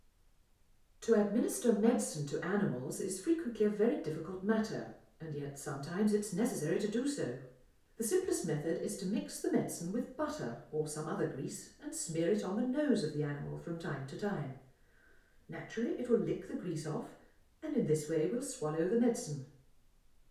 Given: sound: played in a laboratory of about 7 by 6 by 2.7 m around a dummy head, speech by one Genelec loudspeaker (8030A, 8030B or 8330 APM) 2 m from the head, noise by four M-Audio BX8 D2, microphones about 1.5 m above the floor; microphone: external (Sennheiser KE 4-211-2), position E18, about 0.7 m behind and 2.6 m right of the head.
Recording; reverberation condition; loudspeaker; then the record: female speech in English; medium; 60 degrees to the left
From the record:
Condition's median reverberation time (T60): about 510 ms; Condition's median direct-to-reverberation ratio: about -0.5 dB